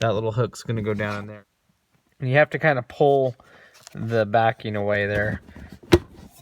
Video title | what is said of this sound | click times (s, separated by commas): How to install a car seat rear-facing baby seat : Graco Car seat Install. Graco 4ever 4 in 1 | but push until they click | 5.9 s